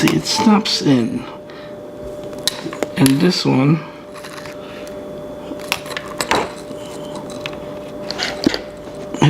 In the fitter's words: just doesn't snap in so I'm just like yeah gap